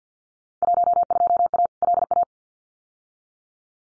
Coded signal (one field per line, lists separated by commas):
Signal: Morse code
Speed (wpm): 50 wpm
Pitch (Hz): 700 Hz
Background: none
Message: 12A LA